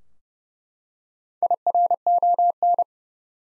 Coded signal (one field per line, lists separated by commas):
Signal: Morse code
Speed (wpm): 30 wpm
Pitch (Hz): 700 Hz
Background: none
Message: IRON